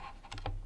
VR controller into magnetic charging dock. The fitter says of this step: just sort of locks in place I guess you know see it locks in there in place but